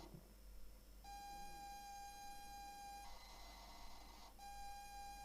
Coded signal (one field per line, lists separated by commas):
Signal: ZX Spectrum tape loading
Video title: ZX Spectrum MIA Preview / Episode 3 / Starblazer + Mystery Tape - Arnsvik Data (Sweden)